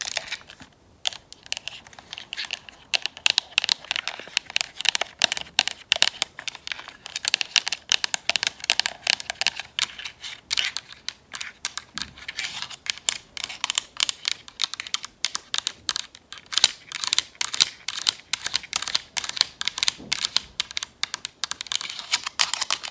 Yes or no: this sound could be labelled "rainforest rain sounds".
no